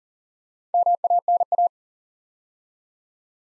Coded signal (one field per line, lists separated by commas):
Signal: Morse code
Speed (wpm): 38 wpm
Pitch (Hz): 700 Hz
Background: none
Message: MANA